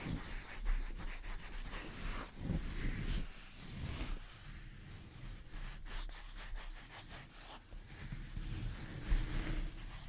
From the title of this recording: ASMR Delicate Mic Scratching and Tapping Triggers